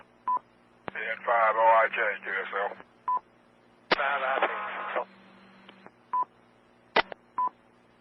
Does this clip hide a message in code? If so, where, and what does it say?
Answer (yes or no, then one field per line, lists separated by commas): no